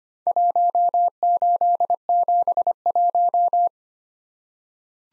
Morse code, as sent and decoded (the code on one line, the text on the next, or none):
.---- ---.. --... .----
1871